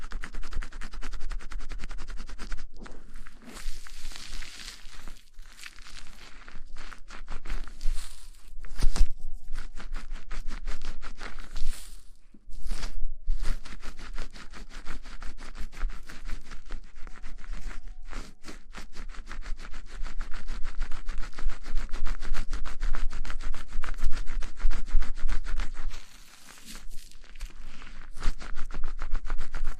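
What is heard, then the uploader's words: Fast scratching of a scalp during a shampoo hair wash, a dense crackly rubbing that runs almost without pause for the whole half minute. Brief gaps come near 12 and 26 seconds, and the strokes vary in strength but keep a quick, busy pace. Shampoo wash hair.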